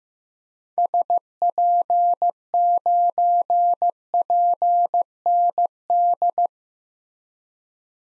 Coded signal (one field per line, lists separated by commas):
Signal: Morse code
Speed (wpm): 15 wpm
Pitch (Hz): 700 Hz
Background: none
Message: SP9PND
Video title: 2023 SOTA Activator Call Signs - 15wpm